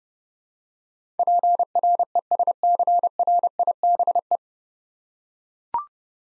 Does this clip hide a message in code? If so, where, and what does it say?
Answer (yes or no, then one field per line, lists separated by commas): yes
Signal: Morse code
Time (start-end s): 1.2-4.4 s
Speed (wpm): 30 wpm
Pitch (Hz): 700 Hz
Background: none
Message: PRESCRIBE